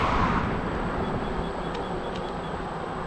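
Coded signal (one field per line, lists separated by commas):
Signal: none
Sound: scooter warning beeps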